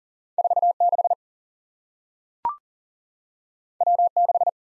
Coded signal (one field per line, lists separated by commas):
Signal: Morse code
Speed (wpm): 40 wpm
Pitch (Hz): 700 Hz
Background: none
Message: 4 6 W 6